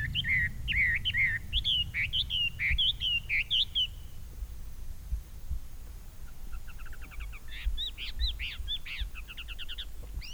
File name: Chinese Hwamei Song 120509-024 Fujian Dai Yun Shan